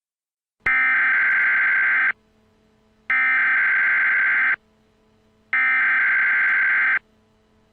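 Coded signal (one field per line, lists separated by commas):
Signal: Emergency Alert System (SAME) tones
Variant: header bursts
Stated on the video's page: Fictional EAS scenario made with an EAS simulator program.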